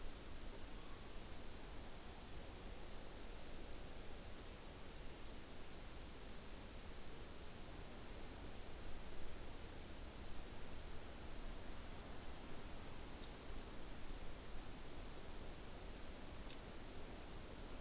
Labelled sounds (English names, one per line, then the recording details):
Morepork trill
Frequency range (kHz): Morepork 0.9-4.5 kHz
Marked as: faintness 5/5
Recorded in New Zealand on 29 April 2014
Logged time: 02:19
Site Ponui